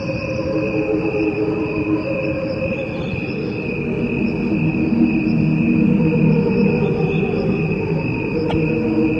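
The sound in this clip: Cricket holding a steady ringing trill throughout, over a loud low rumbling background, with one brief sharp click near the end.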